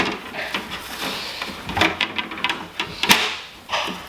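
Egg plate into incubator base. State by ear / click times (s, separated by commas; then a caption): seated / 2.4 s, 2.8 s. A plastic egg plate is set onto the plastic base of an egg incubator and pressed into place. A series of hard plastic knocks and rattles is heard, with the plate clicking into the base at about 2.4 and 2.8 seconds, seating it.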